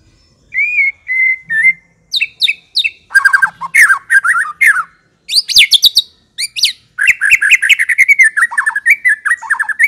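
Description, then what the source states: White-rumped shama song: loud varied phrases of whistles, rapid buzzy trills and sharp downslurred notes, bursts separated by short pauses, ending in a long run of rich warbling notes. Song used as a lure to provoke a fighting, aggressive bird.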